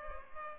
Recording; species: mosquito wingbeat signal from an infrared sensor; Culex pipiens